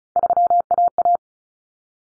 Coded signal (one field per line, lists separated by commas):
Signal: Morse code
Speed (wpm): 34 wpm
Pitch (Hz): 700 Hz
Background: none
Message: 3AA